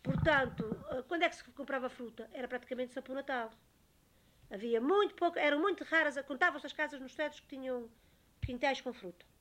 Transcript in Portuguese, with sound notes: Portanto, quando é que se comprava fruta? Era praticamente só por o Natal. [pausa] Havia muito pouca… Eram muito raras a, contavam-se as casas nos Cedros que tinham quintais com fruta.